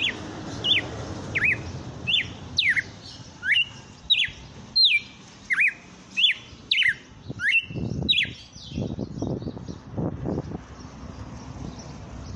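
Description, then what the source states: Red-cowled cardinal singing a rapid series of sharp, falling whistled notes for about eight seconds, followed by low thumping and rumbling noises. Red-cowled cardinal (galo-de-campina) song, labelled female song (fêmea 07); the bird is named Fenrir.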